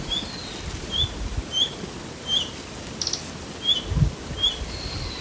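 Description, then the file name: Red-breasted flycatcher giving short, high, sharp chip notes roughly once a second, over a steady low rumbling background. Recorded in Okayama, Japan, on 29 January 2024. "nishiojirobitaki okayama mizushimamasami"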